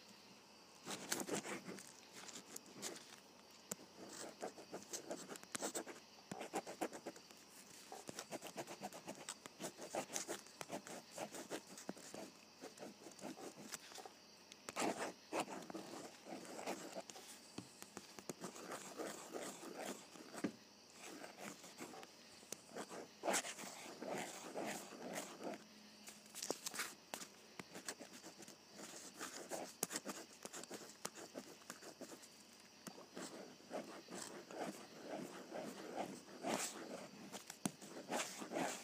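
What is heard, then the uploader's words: A ballpoint pen writing on paper, a dense run of short scratchy strokes that continues for the whole clip. Sharper taps and flicks land every second or two, with brief pauses between bursts of strokes. A faint steady hiss lies underneath. ASMR Writing with a Ballpoint Pen.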